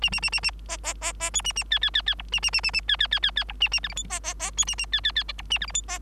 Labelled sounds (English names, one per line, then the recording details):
Bengalese Finch song
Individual Bird3